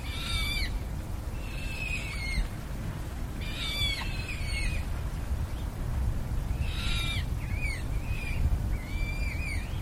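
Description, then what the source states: Eurasian coot chicks calling with high, bending squeals in scattered bursts, some single drawn notes, over a deep steady background rumble. Young birds.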